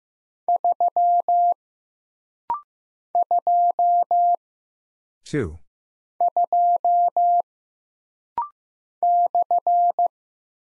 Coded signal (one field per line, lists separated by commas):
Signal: Morse code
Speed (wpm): 15 wpm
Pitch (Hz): 700 Hz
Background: none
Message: 3 2 2 /